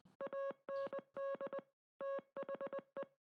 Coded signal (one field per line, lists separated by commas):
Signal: Morse code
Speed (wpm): 20 wpm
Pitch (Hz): 550 Hz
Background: none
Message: AND THE